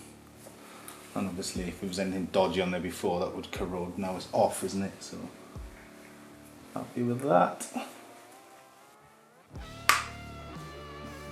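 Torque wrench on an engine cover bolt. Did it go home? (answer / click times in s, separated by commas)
yes / 9.9 s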